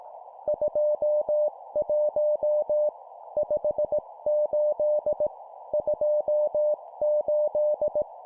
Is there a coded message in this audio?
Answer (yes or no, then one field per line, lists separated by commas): yes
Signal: Morse code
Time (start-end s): 0.5-8.0 s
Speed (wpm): 18 wpm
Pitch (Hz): 600 Hz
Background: none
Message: 21 58 28